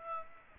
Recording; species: mosquito wingbeat signal from an infrared sensor; Aedes aegypti